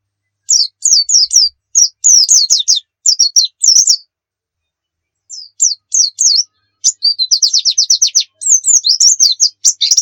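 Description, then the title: White-eye song: high, quick twittering phrases, then a rapid even trill and more warbled notes after a short pause. Muria-type white-eye (pleci Muria) singing actively (gacor); masteran recording, a song tutor for training caged songbirds. "Pleci Muria Gacor"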